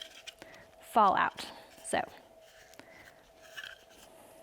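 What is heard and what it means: Someone talks while handling the plastic nozzle/tube part of a wall-mounted shoe and mitten dryer at its grooved socket in the wall rack, a tight fit. Brief light handling ticks come at about 0.4 s and 2.8 s over a faint steady tone. The nozzle has not seated or clicked into place yet.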